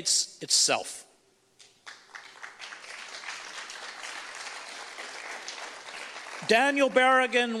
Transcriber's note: audience applause